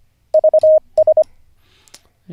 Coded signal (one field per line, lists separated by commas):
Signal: Morse code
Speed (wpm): 25 wpm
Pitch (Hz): 620 Hz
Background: none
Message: VS